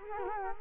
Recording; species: mosquito wingbeat signal from an infrared sensor; Culex quinquefasciatus